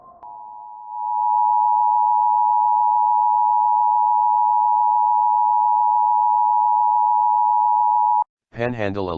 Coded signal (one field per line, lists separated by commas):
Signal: Emergency Alert System (SAME) tones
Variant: 853 and 960 Hz attention tone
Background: speech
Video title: EVERY EAS TYPE (as of 8/1/2026)